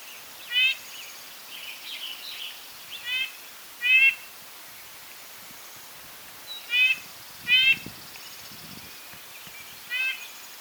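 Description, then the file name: Red-breasted nuthatch calls: several short nasal, tooting notes with layered overtones, spaced irregularly, over a faint steady hiss. "Red breasted Nuthatch Sitta canadensis"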